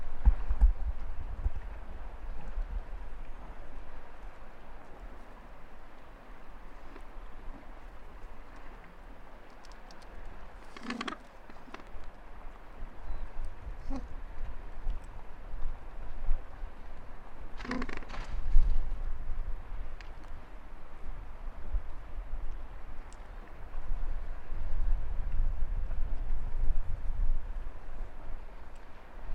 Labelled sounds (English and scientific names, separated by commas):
Gentoo Penguin (Pygoscelis papua) call